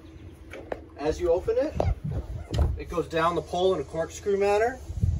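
Someone talks while opening the bow blockoff door of a 2024 Boston Whaler 380 Realm boat, which swings down along its pole mount, with brief knocks at 0.5, 0.7 and 2.6 s. The door has not locked into its latch on the pole yet; nothing has seated.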